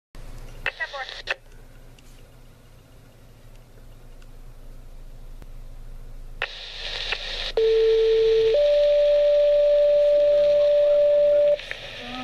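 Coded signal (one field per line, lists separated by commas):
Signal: two-tone page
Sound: radio hiss, then a one-second low tone followed by a three-second higher tone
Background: radio static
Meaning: Activates the outdoor tornado warning sirens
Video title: pager tones to activate tornado siren for a tornado warning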